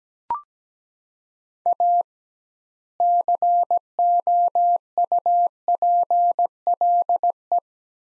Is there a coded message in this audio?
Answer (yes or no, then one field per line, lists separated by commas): yes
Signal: Morse code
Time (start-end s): 1.7-7.6 s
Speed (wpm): 17 wpm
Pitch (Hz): 700 Hz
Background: none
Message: A COUPLE